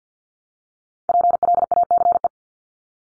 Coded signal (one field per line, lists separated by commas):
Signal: Morse code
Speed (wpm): 48 wpm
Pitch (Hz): 700 Hz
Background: none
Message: PLACE